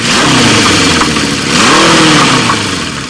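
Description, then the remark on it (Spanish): A chainsaw engine revs loudly and steadily for about three seconds, its pitch surging upward midway before settling back into a harsh, buzzing drone with no voices. “Sí, es una motosierra.”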